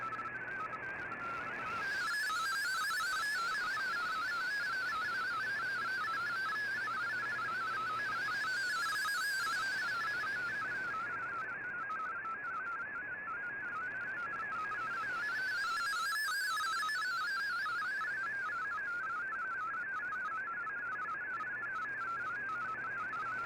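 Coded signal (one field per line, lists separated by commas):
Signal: multi-tone FSK (Olivia or MFSK type)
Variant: MFSK32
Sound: rapid warbling single tone hopping between many pitches, steady and continuous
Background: radio static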